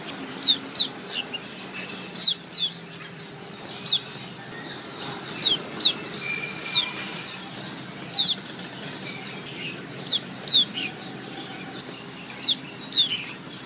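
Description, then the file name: White-eye calls in a busy series of high, clipped descending chirps, often in pairs, over faint hiss. Female. "suara pleci betina omkicau"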